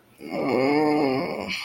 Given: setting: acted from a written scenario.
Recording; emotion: vocal sound without words; embarrassment